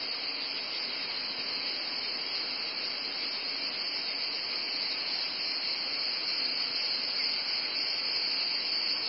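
Cicadas sing a sustained shrill drone, swelling very slightly louder toward the end.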